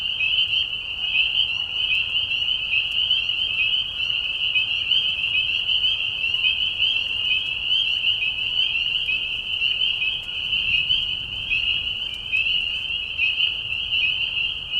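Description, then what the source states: Chorus of spring peepers, countless high-pitched whistles merging into a constant piercing tone. Mating call of peepers, high whistles, in a marsh at night during a short spring season; Tiny Marsh Conservation Area, Tiny, Ontario.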